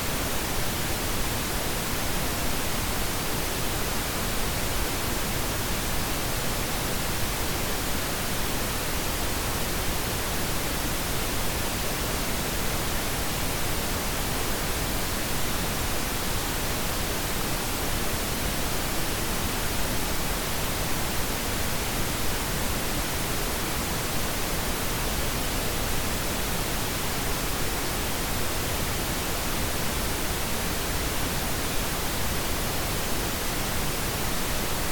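Pink noise runs steadily for the whole clip, a dense, even hiss with no breaks or events. It sits fuller and softer in the lows than white noise, with a smooth, rushing texture and a constant loudness throughout.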